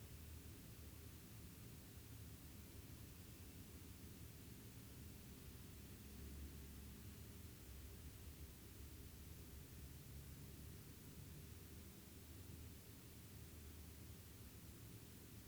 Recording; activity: daily activity, guitar pickup as the sensor; sit